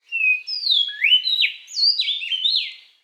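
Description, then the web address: Bird song of clear whistled notes, several sliding up and down in quick succession over about three seconds, with no other sounds. "ambience bird"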